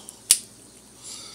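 The plastic cap of a One Touch Mini finger-prick lancing device is pulled open by hand, and it snaps open with a single sharp, bright click at 0.3 s, just after a faint tick near 0.1 s. The cap is released, followed by quiet low hum and faint hiss.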